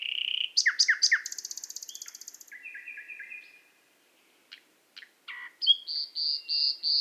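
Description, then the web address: Common nightingale song: sharp descending notes, a high buzzy trill, a drawn warble, isolated clicks, then repeated loud whistled notes. "SETE data Luscinia megarhynchos"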